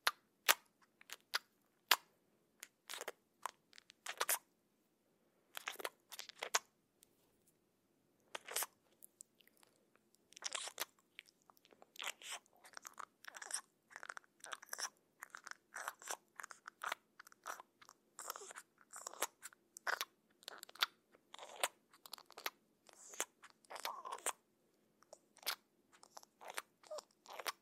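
Moist squishing and smacking cheek sounds in quick, crisp clicks. They come sparsely for the first ten seconds, then grow dense and almost continuous, bright and crackly, over a faint low steady hum.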